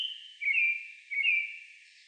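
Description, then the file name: American robin giving two short, bright notes about three quarters of a second apart. Recorded 30 May 2019. "2019-05-30 American Robin"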